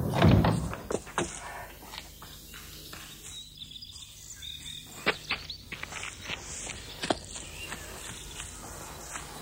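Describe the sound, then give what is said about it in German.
A heavy sliding door of a stopped train, halted on open track in the countryside, is pushed open with a low rumbling thud, then sharp clicks and scattered footsteps follow over a steady, faint chirring of insects. “Ich schieb die Tür auf.”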